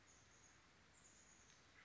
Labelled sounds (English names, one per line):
Chestnut-backed Chickadee